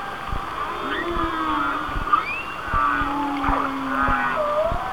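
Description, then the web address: Whale song with long level moans and rising whistles, scattered brief clicks and constant background hiss. "Natures Songs Whale Songs Whale Songs"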